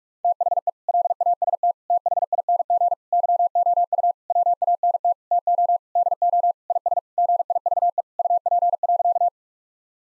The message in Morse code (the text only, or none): THE LAST THING YOU WANT TO DO IS GIVE UP.